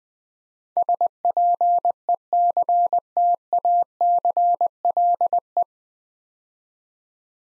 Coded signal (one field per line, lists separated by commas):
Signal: Morse code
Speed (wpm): 20 wpm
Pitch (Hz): 700 Hz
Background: none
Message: SPECTACLE